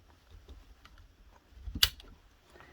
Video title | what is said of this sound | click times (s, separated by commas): S3E17 The Carcano Rifle | and then you hear it click and it is now ready to chamber around | 1.8 s